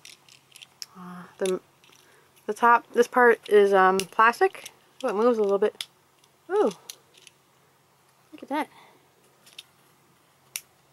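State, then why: Seated. A loose plastic top piece, apparently a spoiler with a tab, is pushed back into a diecast toy car body while someone talks. A sharp click at 10.6 s marks it snapping back in, and the piece is seated.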